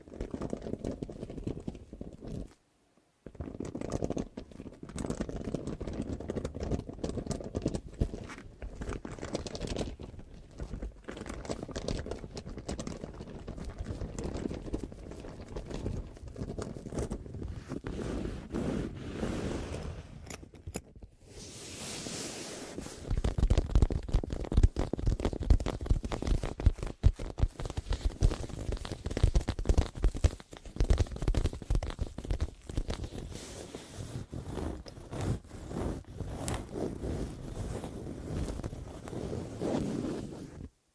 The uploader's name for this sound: Deep Ear Crinkles, Clicky, Scratchy, Massage